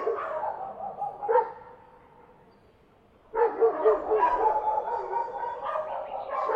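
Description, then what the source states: Dog: harsh, overlapping barking at first, a quiet gap of about two seconds, then loud, continuous barking resumes. May 2016.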